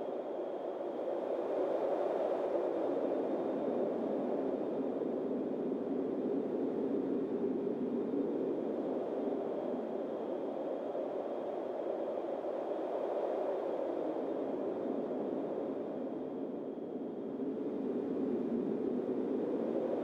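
Steady windstorm noise roars without pause, a dense low-to-mid rush that swells and eases slowly every few seconds, with a faint high whistle.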